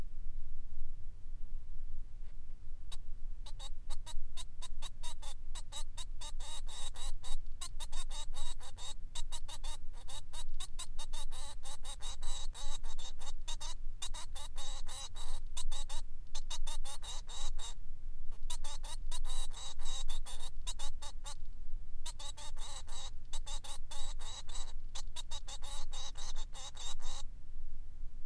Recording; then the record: song of a male Bengalese finch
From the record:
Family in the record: son of father 3